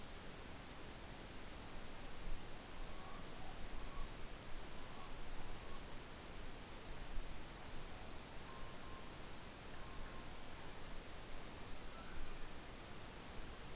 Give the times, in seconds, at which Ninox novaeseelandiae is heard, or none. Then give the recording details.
2.88-3.61. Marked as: faintness 3/5. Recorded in New Zealand on 12 November 2013. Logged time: 02:19. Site Ponui